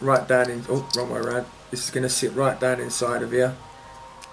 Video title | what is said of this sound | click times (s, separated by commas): Nasty Provape Pod Mod İnceleme | that locks in it clicks right in | 4.2 s